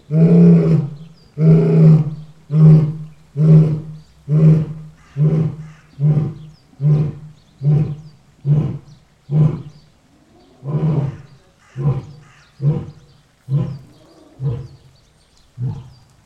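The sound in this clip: Lion giving a long series of deep, short grunting roars, about one per second.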